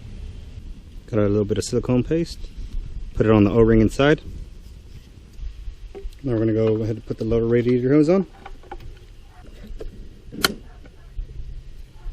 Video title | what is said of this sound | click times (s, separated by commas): BMW 330Ci - Water pump/Radiator Replacement | you can leave the clip in cuz as soon as you press it over the clip's going to sit exactly in his Groove once you hear that click going | 10.4 s